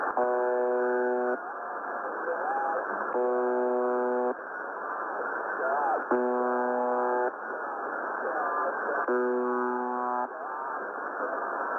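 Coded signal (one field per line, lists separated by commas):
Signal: channel marker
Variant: UVB-76, The Buzzer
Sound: four harsh low buzzes, each about a second long, three seconds apart, over hiss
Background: radio static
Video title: 6998 Khz USB Russian Buzzer,using WebSDR UVB-76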